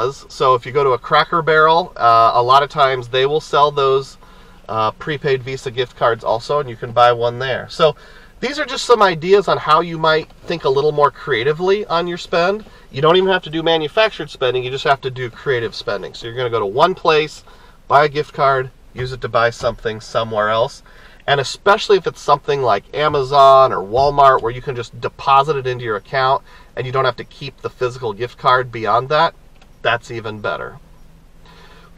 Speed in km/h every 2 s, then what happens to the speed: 0, 0, 0, 0, 0, 0, 0, 0, 0, 0, 0, 0, 0, 0, 0, 0.
0-32 standing.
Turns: none.